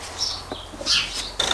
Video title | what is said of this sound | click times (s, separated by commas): HOW TO: FORD 2.0 TDCi Kuga FUEL FILTER | until it clicks | 1.4 s